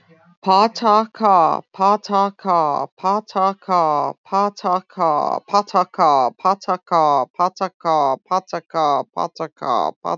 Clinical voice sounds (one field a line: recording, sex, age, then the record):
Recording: repeated syllables /pa ta ka/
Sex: female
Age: 50 to 59 years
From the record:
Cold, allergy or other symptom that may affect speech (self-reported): no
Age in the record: 56 years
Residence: Ohio, United States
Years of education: 18